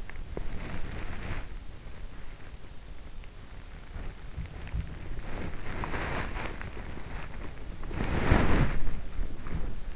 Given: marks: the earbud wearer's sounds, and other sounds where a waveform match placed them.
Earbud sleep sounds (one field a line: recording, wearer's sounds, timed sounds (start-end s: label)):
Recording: sounds in sleep by an in-ear microphone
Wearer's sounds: body movement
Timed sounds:
0.00-1.84 s: body movement
5.13-9.81 s: body movement